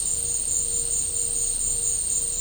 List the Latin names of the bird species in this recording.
none